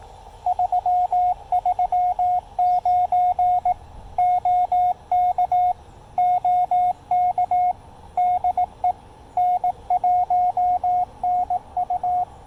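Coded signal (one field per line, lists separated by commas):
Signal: Morse code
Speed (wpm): 18 wpm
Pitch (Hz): 720 Hz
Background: radio noise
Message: 339 OK OK DE N1NU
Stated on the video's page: QRP CW activation on a Yaesu FT-817ND with an Elecraft T1 tuner and a 28.5-foot speaker-wire antenna.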